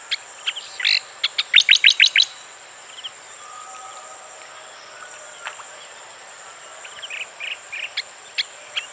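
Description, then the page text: Striated grassbird song: a fast burst of bright clipped notes early on, then a long quiet stretch with only scattered faint chips, a few more scattered notes near the end, and a steady high hiss throughout. "Striated Grassbird Song. Quick Sounds"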